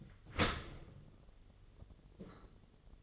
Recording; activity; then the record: daily activity, microphone in the room; open dishwasher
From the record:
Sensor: 4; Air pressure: 1015.8 hPa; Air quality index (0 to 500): 107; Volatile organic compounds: 2 ppm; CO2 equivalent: 1197 ppm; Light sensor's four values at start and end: 9/19/7/7 and 8/18/7/7